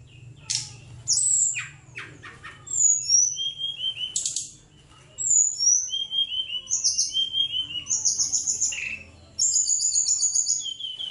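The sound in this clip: Bird song: varied high whistles, buzzy sweeps and fast repeated chirps running almost continuously over eleven seconds.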